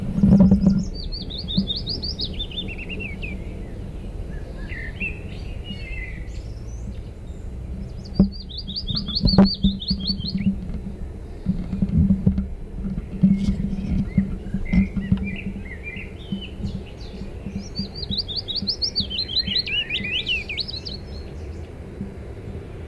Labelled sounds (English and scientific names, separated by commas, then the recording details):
Willow Warbler (Phylloscopus trochilus)
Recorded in the wild
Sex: male
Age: adult
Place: Tübingen, Baden-Württemberg, DE
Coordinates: 48.5164, 9.04222
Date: 1964-06-13 19:45
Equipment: Nagra III PH, dynamisches Mikrophon, LGS26
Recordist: Faber, Albrecht
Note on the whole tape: Versuchsgelände Biesingerstraße 8 (Vers. Bies. 8.): Gesänge ähnlich den Strophenformen von Phylloscopus ibericus